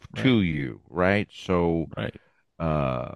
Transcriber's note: none